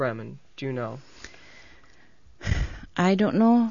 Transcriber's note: she sighs